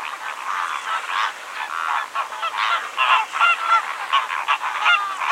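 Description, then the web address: Greater flamingo honking: dense goose-like nasal honks from several birds overlapping in a continuous, rapid gabbling chorus. "chant xeno-canto flamant rose"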